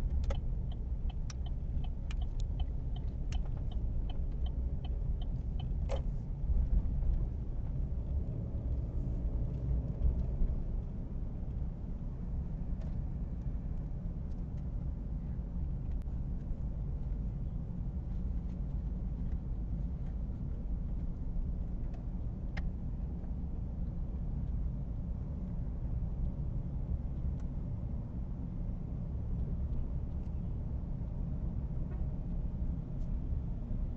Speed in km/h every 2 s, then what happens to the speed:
14, 16, 17, 19, 24, 26, 26, 26, 26, 26, 26, 26, 27, 27, 28, 28, 28.
0-10 speeds up to 26. 10-34 steady at about 26.